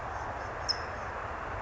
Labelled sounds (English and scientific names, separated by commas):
California Towhee (Melozone crissalis)